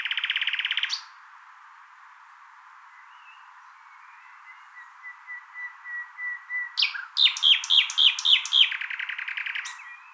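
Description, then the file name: Common nightingale song: a loud buzzy trill, a pause, then soft whistled notes swelling in volume and breaking into fast, loud repeated chirps and a final rattle. "Luscinia megarhynchos"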